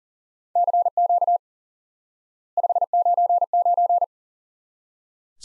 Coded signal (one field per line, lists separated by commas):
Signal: Morse code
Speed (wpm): 40 wpm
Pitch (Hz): 700 Hz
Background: none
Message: CQ 599